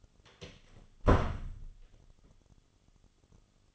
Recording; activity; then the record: daily activity, microphone in the room; close door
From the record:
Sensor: 4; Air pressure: 1005.9 hPa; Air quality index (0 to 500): 70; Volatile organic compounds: 1 ppm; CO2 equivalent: 847 ppm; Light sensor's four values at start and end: 13/30/12/11 and 13/31/12/11